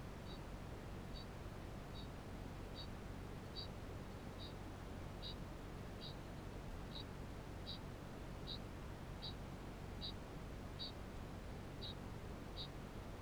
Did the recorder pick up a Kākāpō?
yes